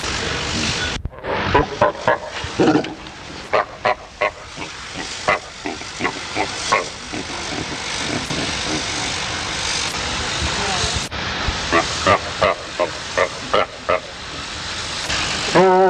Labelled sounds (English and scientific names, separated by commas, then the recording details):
Brown Fur Seal (Arctocephalus pusillus) call
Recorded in captivity
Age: adult
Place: Zoo Berlin, Berlin, DE
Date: 1985-09-05 10:05
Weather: overcast, 14°C
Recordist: Tembrock, Günter
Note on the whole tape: Zwergseebär. Diverese Laute, auch agonistisch. Anlage wird gereinigt